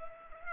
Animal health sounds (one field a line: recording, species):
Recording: mosquito wingbeat signal from an infrared sensor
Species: Culex pipiens